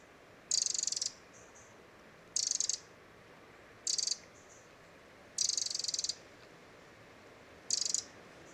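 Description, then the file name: Eurasian wren churring calls: high, dry rattling bursts each under a second long, repeated at irregular intervals over faint steady background hiss. "Troglodytes troglodytes"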